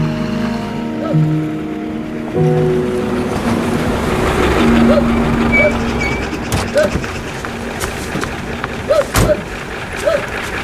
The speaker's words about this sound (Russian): Полицейская машина подъезжает к дому Инны.